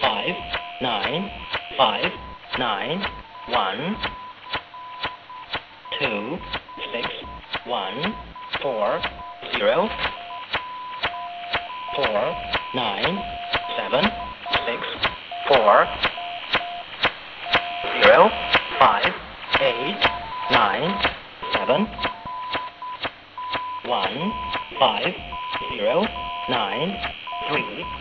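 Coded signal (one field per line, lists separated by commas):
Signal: numbers station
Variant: E07 English Man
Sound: male voice reading short evenly spaced words over radio hiss, with whining carrier tones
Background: radio static, heterodyne tones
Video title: Russian E07 "English Man" number station at 13527 kHz (long message)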